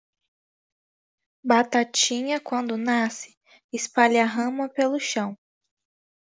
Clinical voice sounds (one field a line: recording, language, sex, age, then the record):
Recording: short text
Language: Brazilian Portuguese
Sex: female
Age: 18 to 19 years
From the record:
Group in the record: control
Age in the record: 18 years